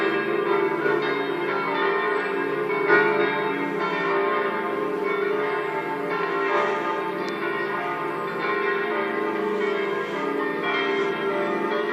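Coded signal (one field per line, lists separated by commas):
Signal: bell signal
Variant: five swinging bells (distesa)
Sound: continuous peal of several swinging church bells ringing together, overlapping strikes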